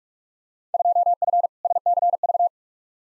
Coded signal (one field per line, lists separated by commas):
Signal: Morse code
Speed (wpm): 44 wpm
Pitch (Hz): 700 Hz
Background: none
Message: 2F SCV